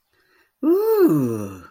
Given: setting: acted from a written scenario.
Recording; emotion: vocal sound without words; elation